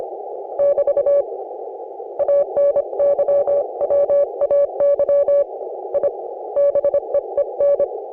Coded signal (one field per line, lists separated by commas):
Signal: Morse code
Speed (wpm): 26 wpm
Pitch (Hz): 560 Hz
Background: none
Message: <BT> ANYWAY I BEEN